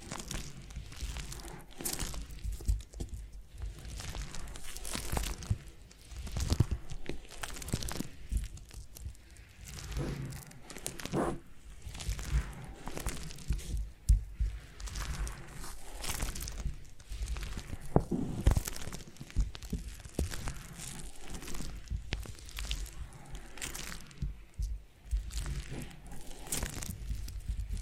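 Foam massage: soft squeaking, rubbing and crinkling strokes follow one another steadily for the whole stretch, with scratchy bursts every second or two. Sharper crackly accents stand out around 11, 14 and 18 seconds, and the texture stays dense and busy throughout.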